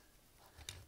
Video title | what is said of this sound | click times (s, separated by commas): Video Review: 52Toys MegaBox Teenage Mutant Ninja Turtles LEONARDO & DONATELLO | one's still a little tight because i haven't messed with it that much make sure that snaps into place | 0.7 s